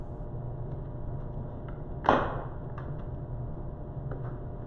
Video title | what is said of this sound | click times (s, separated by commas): Ready to Roll 12" Bicycle Assembly Guide | the final step rotate the pedal away from the frame until it clicks into place | 2.1 s